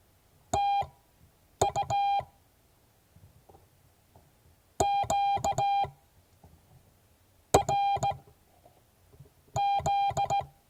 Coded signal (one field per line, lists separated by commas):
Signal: Morse code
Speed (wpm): 17 wpm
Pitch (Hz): 800 Hz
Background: none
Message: TU QRZ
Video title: Morse code class 2022 11 16